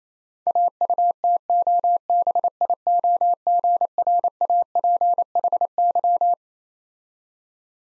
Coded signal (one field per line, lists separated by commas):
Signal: Morse code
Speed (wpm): 27 wpm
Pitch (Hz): 700 Hz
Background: none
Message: AUTOBIOGRAPHY